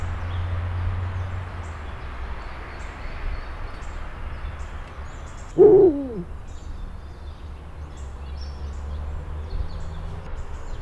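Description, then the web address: Eurasian eagle-owl with a single brief, rough hooting call near the middle, otherwise only a constant low traffic drone. Captive bird in a zoo in Nyíregyháza, recorded in 2010 near a public road. "nyiregyhazizoo 2010 standardt uhu"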